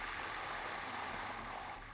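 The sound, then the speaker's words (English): Water runs steadily into a bathtub at Jack Benny's house in Beverly Hills in the morning, as Rochester prepares the bath for his boss; a continuous, even rushing hiss with no breaks, fairly soft in level and with no voices over it. “It's morning, and Rochester is preparing the bath for his boss.”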